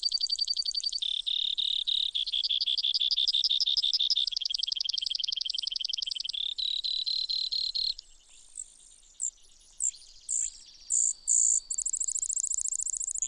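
Brewer's sparrow song: a long run of high buzzy trills that shift in pitch and speed, then scattered sharp high notes after a brief pause.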